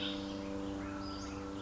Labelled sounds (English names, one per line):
Western Flycatcher